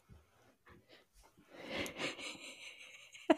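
Several brief, soft catching sounds come in the first second and a half, followed by a longer breathy stretch and one sharp click at the end, in a quiet small room. These abrupt, jerky catches fit hiccups in an adult.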